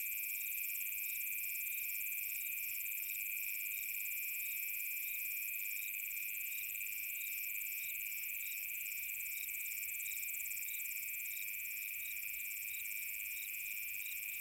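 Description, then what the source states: Cricket: a long run of cricket chirping, evenly spaced high pulses repeating quickly over a persistent high insect hum. Summer night.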